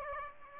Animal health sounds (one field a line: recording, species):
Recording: mosquito wingbeat signal from an infrared sensor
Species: Aedes aegypti